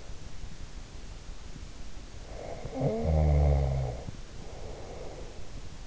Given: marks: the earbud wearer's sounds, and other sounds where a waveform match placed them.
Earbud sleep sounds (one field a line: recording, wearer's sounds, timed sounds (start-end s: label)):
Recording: sounds in sleep by an in-ear microphone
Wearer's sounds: snoring breath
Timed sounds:
2.35-5.38 s: snoring breath